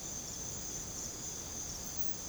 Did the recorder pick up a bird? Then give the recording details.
no. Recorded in secondary vegetation near Puerto Asís, Putumayo, Colombia, on 21 December 2024 at 05:00. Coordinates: 0.489, -76.322. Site G059